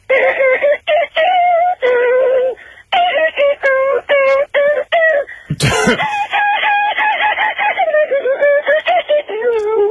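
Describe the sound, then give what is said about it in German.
A voice imitates an electric guitar solo with loud, wailing, bending notes in quick choppy phrases, a harsh rasping burst midway, then longer wavering tones, sounding somewhat like a crowing rooster. “Das geht so, Elektro-Gitarre.”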